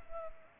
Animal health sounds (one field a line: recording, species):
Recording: mosquito wingbeat signal from an infrared sensor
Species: Culex pipiens